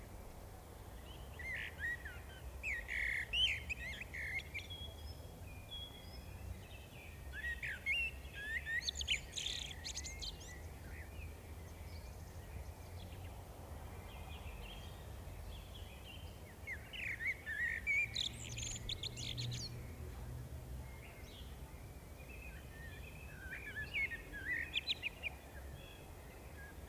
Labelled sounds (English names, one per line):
Common Blackbird song